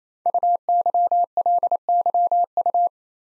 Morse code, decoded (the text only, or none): UYLYU